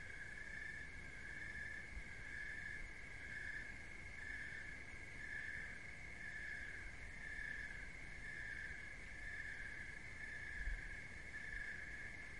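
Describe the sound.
Cricket chorus with a sustained shrill trill pulsing regularly about once a second, a low rumble and one brief thump near the end.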